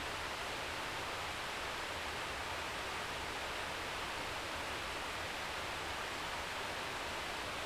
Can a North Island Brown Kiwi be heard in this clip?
no